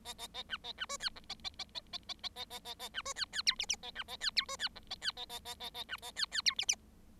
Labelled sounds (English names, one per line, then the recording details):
Bengalese Finch song
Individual Bird7